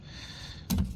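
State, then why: Seated. A front wiper blade adapter on a 2025–2027 Ford Expedition is lined back into the windshield wiper arm hook and slid home. After a quiet low hum, a sharp click at 0.7 s marks the blade locking into place on the arm.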